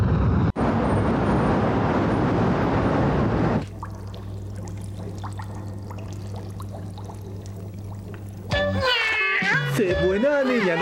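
A female cat lets out a few high, wavering meows at the end, following a stretch of loud rushing noise and then a low, steady hum.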